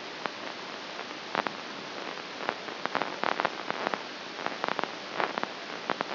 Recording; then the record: brain microelectrode recording played as sound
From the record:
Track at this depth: outside the subthalamic nucleus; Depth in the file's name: 7.266 mm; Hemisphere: left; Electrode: 2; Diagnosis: Parkinson's disease